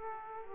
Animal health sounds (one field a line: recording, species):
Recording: mosquito wingbeat signal from an infrared sensor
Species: Aedes aegypti